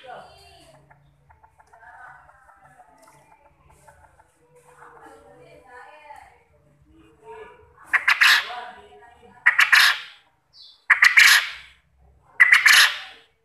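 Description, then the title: Quail calls: soft scattered chirps at first, then four loud harsh bursts repeated about every one and a half seconds. Quail sound used as a lure so that quail answer and call actively. "Burung Puyuh Mana Yang Tidak Nyaut Dan Gacor Dengan Pancingan Ini"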